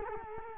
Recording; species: mosquito wingbeat signal from an infrared sensor; Culex quinquefasciatus